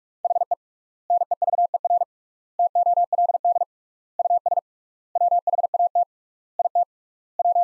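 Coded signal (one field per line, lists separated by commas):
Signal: Morse code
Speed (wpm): 46 wpm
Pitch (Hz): 700 Hz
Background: none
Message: HE NEVER TOLD US WHAT IT W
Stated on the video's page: Practice sentences at 45 wpm with 3x standard word spacing, a word-based Farnsworth-like method.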